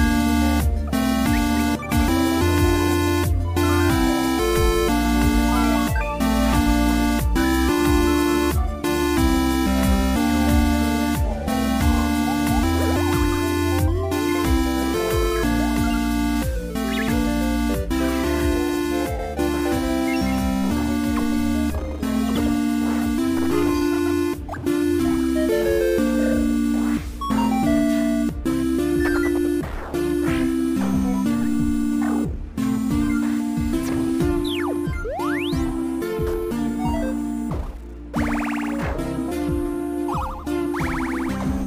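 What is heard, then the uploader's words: Chiptune-style 8-bit music plays at a steady, full loudness throughout, built on a looping bass line and a repeating bright melody in stepped, blocky notes. Quick arpeggios and short blips flicker above, with a brief dip near the 38-second mark. Game sound effects. 8-bit music.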